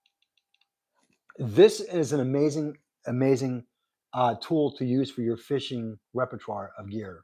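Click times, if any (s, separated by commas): 0.1 s, 0.2 s, 0.4 s, 0.6 s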